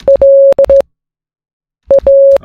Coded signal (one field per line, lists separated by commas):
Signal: Morse code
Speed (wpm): 17 wpm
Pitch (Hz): 550 Hz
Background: none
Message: LA